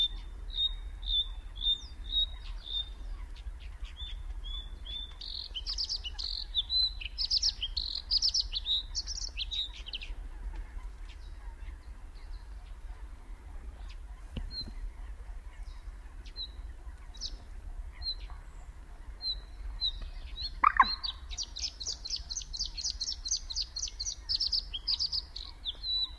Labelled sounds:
Bluethroat song

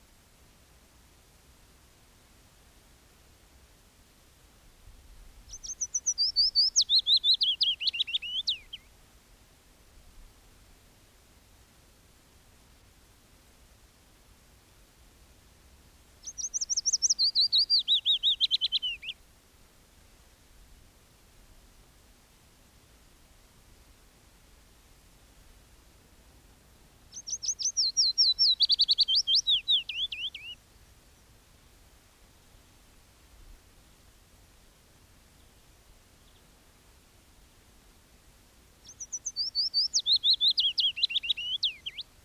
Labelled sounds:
Willow Warbler song

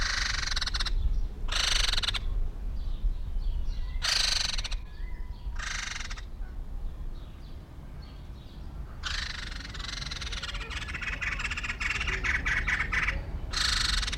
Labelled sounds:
White-crested Laughingthrush call

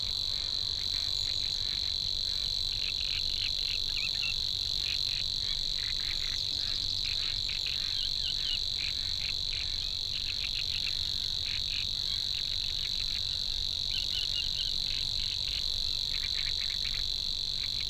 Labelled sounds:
Savi's Warbler song

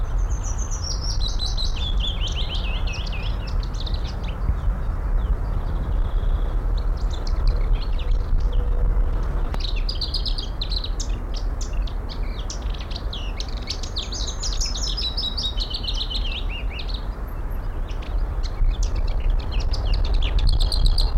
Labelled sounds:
Lesser Whitethroat

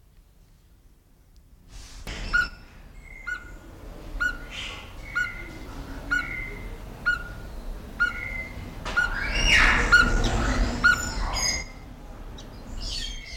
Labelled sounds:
Speckled Tinkerbird call

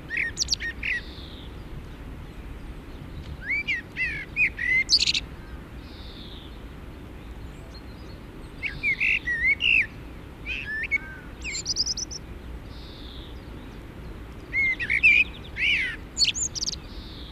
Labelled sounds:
Common Blackbird song

